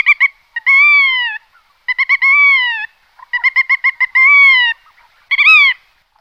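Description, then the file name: Black-tailed godwit calls: loud, nasal, rapid stuttering notes lead into long drawn, slightly arched wails, the pattern repeated three times, then a shorter final call. "Veretennik bolshoy"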